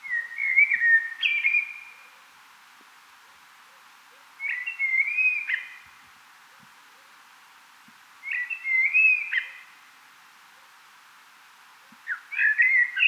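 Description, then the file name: Common blackbird song, rich whistled phrases with high scratchy flourishes, repeated roughly every four seconds over a quiet background. "Turdus merula"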